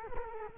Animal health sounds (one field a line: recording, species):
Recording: mosquito wingbeat signal from an infrared sensor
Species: Culex quinquefasciatus